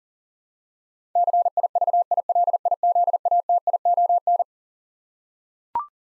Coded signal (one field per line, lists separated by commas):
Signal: Morse code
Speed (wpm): 40 wpm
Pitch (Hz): 700 Hz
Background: none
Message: CIVILIZATION